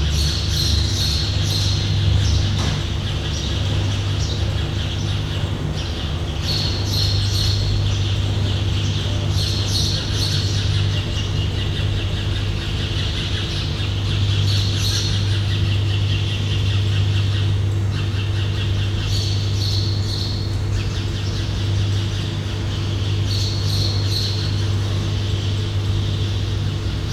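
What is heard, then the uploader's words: Birds chirp inside an airplane hangar, their bright calls returning every few seconds in short clustered bursts. Under them sits a constant low mechanical hum with a steady drone, and the overall level stays even throughout. Airplane Hanger Ambience with Birds Chirping.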